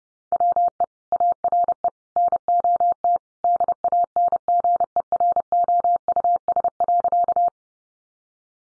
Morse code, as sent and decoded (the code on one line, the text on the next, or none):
.-- . / .- .-. . / -. --- - / -.. .- -. --. . .-. --- ..- ... .-.-.-
WE ARE NOT DANGEROUS.